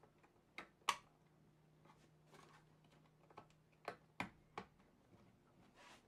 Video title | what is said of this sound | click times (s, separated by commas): Chill Saturday Build: Era 2 + 9060XT | Oh, the motherboard's great. It clicked in there. | 4.2 s